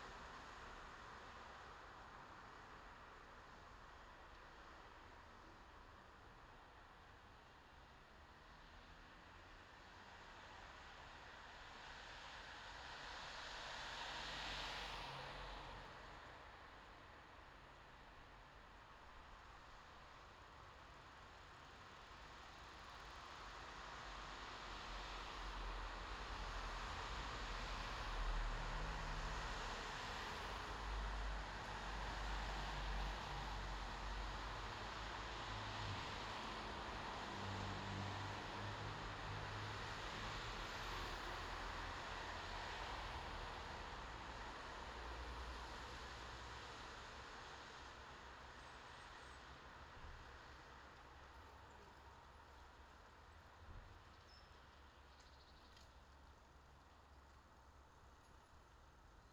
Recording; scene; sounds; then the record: everyday scene through a hearing-aid microphone; in traffic; traffic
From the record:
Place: bus stop on a city main road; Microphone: in the ear canal, left